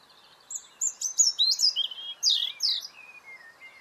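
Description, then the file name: European robin song: a fast sequence of sweet, high, sliding whistles and trills, ending with softer descending notes, over low background noise. "Erithacus rubecula"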